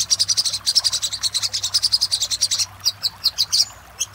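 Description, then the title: Little spiderhunter gives a long, very fast series of bright, high chips, then shifts to slower, spaced notes. Master song used to train cage birds. "Masteran Burung Sogok Ontong Labaik"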